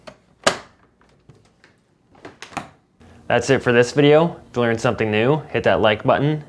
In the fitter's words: it will make an audible click when locked back in place that's